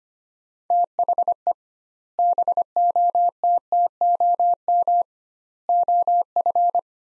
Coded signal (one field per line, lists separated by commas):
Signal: Morse code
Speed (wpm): 25 wpm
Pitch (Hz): 700 Hz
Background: none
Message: THE BOTTOM OF